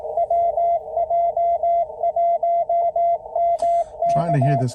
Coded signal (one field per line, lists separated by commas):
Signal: Morse code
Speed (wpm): 18 wpm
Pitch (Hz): 690 Hz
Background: speech, radio noise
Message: WJ1MK